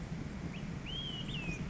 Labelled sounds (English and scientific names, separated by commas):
Olive-sided Flycatcher (Contopus cooperi)